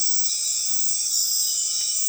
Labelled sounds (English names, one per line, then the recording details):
none
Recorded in dense forest near Puerto Asís, Putumayo, Colombia, on 21 February 2024 at 00:00
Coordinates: 0.502, -76.326
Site G6460